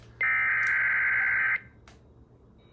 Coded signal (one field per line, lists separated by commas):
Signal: Emergency Alert System (SAME) tones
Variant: header bursts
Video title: BULLSEYE'S GIFT BAG... EAS Alerts from 10/7/20 (EAS 3994-4032)